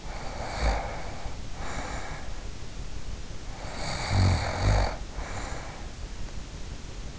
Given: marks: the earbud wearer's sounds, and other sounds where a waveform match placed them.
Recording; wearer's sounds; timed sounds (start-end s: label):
sounds in sleep by an in-ear microphone; snoring breath
0.00-2.53 s: snoring breath
3.41-5.94 s: snoring breath